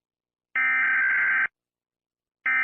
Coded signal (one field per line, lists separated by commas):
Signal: Emergency Alert System (SAME) tones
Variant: header bursts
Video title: ⚠️ Haiti EAS Alarm (1983) (REQUESTED) ⚠️